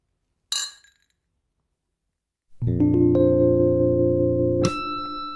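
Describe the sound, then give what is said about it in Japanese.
Glasses clink once in a toast, a bright, brief ring that fades quickly. After a short silence, a steady, sustained harmonic tone swells in, with another chiming accent near the end. “乾杯する？”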